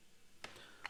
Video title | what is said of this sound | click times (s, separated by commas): Olight Seeker 4 PRO Review - This WILL be your NEW FAVORITE multi-use flashlight! | the flashlight slides into the holster pretty securely has a good solid click to it | 0.4 s, 0.9 s